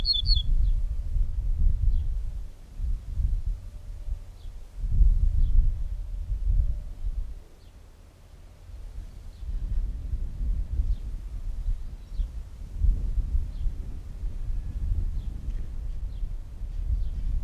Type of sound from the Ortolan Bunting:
song